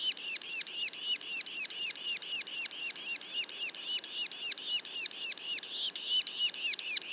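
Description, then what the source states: Yellow-bellied sapsucker calls: steady, rapid squeaking series, each note curving down, near four per second, a brief louder stretch toward the end. Juveniles, recorded in Mont-Orford National Park, Quebec.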